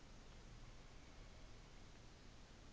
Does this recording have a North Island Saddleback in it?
no